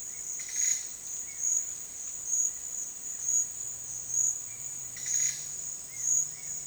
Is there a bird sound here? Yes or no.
yes